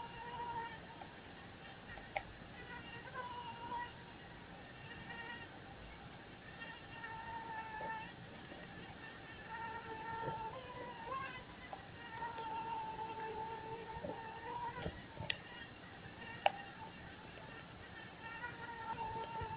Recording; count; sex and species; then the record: mosquito flight sound in a plastic cup; one mosquito; female Aedes aegypti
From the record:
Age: 6 days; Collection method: larva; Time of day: 16:44